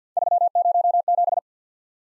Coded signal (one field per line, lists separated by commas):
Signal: Morse code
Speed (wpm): 51 wpm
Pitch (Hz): 700 Hz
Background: none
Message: 307